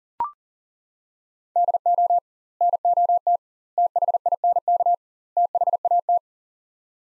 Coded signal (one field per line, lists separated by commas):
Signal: Morse code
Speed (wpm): 40 wpm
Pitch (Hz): 700 Hz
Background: none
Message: DO NOT THINK THAT